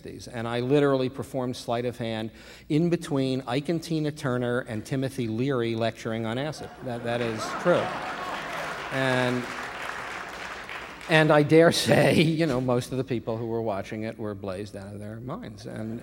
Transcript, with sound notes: And I literally performed sleight of hand in between Ike and Tina Turner and Timothy Leary lecturing on acid. That is true.
(LAUGHTER)
And I daresay, you know, most of the people who were watching it were blazed out of their minds.